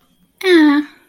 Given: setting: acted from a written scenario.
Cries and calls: vocal sound without words; neutral

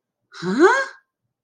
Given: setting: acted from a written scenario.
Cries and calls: vocal sound without words; confusion

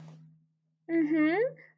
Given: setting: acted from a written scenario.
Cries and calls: vocal sound without words; interest

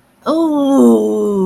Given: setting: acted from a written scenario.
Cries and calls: vocal sound without words; triumph

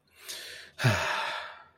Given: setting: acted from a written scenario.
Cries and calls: vocal sound without words; relief

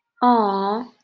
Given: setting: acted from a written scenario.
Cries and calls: vocal sound without words; adoration

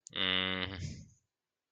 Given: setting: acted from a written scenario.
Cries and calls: vocal sound without words; embarrassment

